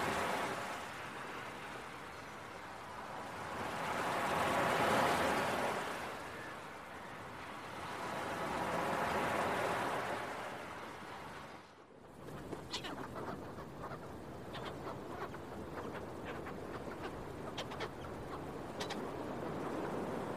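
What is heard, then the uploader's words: Beach waves swell and wash in slow surges, cresting around five and nine seconds. Near the twelve-second mark the sound drops out briefly, then a steadier shoreline hiss returns with short, sharp seagull calls scattered through the final seconds. Listen to the sounds of the seagulls and some relaxing beach waves early in the morning. Early Morning Seagulls and Beach Waves.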